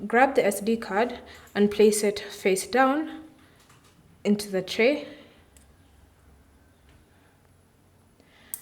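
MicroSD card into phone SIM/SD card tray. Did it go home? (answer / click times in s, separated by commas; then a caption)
yes / 8.5 s. Someone talks while a microSD card is placed face down into the plastic SIM/SD card tray of a Samsung Galaxy A25 5G phone and pressed in. After a quiet stretch with faint small handling sounds, a sharp, strong click at 8.5 s marks the card snapping into place in the tray.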